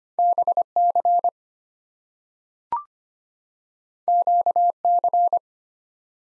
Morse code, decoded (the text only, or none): BC QC